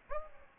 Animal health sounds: mosquito wingbeat signal from an infrared sensor; Aedes aegypti

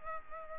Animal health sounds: mosquito wingbeat signal from an infrared sensor; Culex pipiens

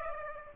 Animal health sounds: mosquito wingbeat signal from an infrared sensor; Aedes aegypti

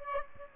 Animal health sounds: mosquito wingbeat signal from an infrared sensor; Aedes aegypti

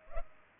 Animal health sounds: mosquito wingbeat signal from an infrared sensor; Culex pipiens

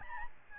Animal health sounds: mosquito wingbeat signal from an infrared sensor; Aedes albopictus

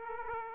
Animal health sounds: mosquito wingbeat signal from an infrared sensor; Aedes aegypti

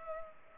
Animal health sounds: mosquito wingbeat signal from an infrared sensor; Culex pipiens

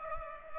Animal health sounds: mosquito wingbeat signal from an infrared sensor; Culex pipiens

